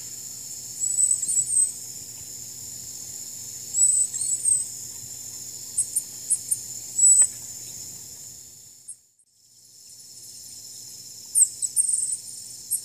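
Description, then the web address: White-bellied dacnis calls: very high, thin, squeaky note clusters every few seconds, with a brief silent break midway and a steady background hiss. Calls and song; eastern lowlands of South America. "Natures Songs S America Eastern Lowlands Dacnis albiventris, calls and song"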